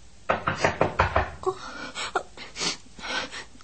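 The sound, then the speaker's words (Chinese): A quick burst of about half a dozen sharp raps on a door, followed by a few softer, more scattered knocks trailing off. “边个？ 系我，开门啦！”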